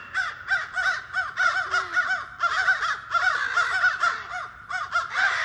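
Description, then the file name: American crows giving harsh, rapid caws in a dense overlapping chorus, several birds calling almost continuously with only brief gaps. Crows mobbing a hawk. "AMCR mobbing hawk"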